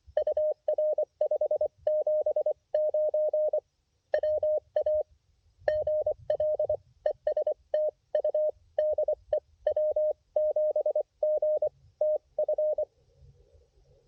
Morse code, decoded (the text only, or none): UR 579 WA GL ES TU DE W7GTF